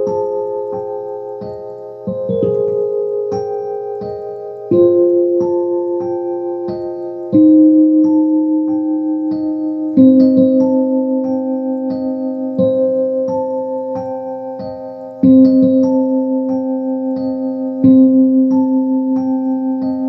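Slow piano chords ring out one at a time, about every two and a half seconds, each fading before the next, stepping gradually lower.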